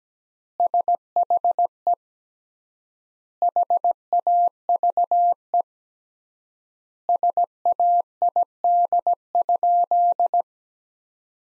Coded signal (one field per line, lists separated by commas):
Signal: Morse code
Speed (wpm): 17 wpm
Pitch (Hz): 700 Hz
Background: none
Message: SHE HAVE SAID?